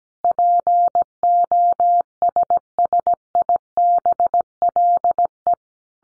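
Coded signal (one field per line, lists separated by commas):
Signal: Morse code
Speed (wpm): 17 wpm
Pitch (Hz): 700 Hz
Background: none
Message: POSSIBLE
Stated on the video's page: Morse head-copy sentence practice at 17 wpm.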